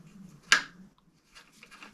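A crank puller is wound back against the drive-side crank arm of a square-taper bottom bracket (BB-UN300) until its thread start clicks into place with a sharp, bright click at 0.5 s. A low hum underlies the clip, and faint ticks and rustling follow near the end. The puller thread is seated.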